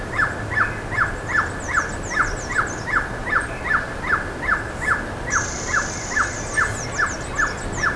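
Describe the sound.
Bird uttering an even series of brief downward notes, roughly two and a half per second, over faint high twittering and a brief thin whistle.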